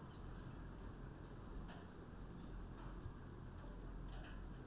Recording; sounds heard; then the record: poultry house recording; no chicken sound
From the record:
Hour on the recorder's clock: 21